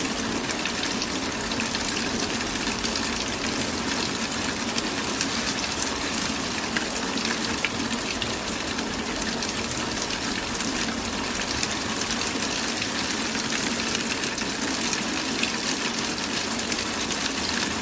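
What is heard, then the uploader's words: Rain falls in a steady, dense hiss with no pauses, a fine crackle of countless drops spread evenly through the bright upper range. A faint low rumble sits underneath, and the loudness holds level for the whole stretch. Falling Rain Sounds For Sleeping, Focus, Relaxation.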